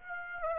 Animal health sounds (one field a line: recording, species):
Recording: mosquito wingbeat signal from an infrared sensor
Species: Aedes aegypti